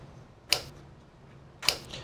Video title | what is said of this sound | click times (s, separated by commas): Dell PowerEdge R640 Server Memory Overview & Upgrade - How to Install Memory - Supported DIMMs | Those 2 clicks are the tabs, the | 0.5 s, 1.7 s